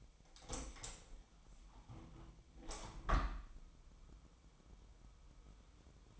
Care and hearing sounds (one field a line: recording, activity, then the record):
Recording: daily activity, microphone in the room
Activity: open window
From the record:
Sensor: 1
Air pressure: 1006.6 hPa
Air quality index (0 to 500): 211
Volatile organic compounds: 25 ppm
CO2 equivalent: 2838 ppm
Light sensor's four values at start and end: 12/31/12/14 and 13/33/13/14